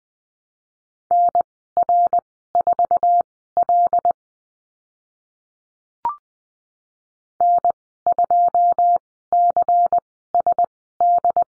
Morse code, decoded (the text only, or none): NR4L N2CSD